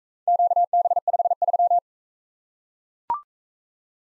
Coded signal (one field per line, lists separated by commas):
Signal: Morse code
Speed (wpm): 42 wpm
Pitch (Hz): 700 Hz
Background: none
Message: QB53